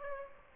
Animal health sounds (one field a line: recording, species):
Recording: mosquito wingbeat signal from an infrared sensor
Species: Aedes aegypti